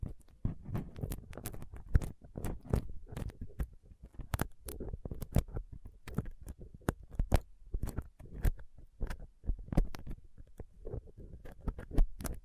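A dental pick, tweezers and a cotton swab scrape and tap roughly against a microphone. Sharp clicks and scratches come in dense, irregular bursts throughout, with occasional louder snaps. Dull, low rubbing fills the gaps between them.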